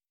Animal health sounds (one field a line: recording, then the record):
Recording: hydrophone in a shrimp aquaculture tank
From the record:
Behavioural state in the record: starved